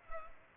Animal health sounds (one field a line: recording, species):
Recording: mosquito wingbeat signal from an infrared sensor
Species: Culex pipiens